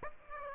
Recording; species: mosquito wingbeat signal from an infrared sensor; Aedes aegypti